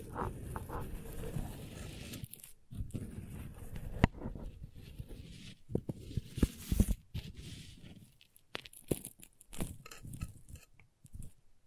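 Crayons scrape, tap and carve in irregular bursts, with scratchy rubbing strokes, sharp clicks near four and seven seconds, and brief pauses between.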